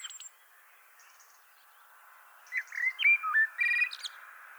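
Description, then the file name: Common blackbird giving a short song phrase of fluty slurred whistles and a high twitter, heard over a steady background hiss. "Turdus merula"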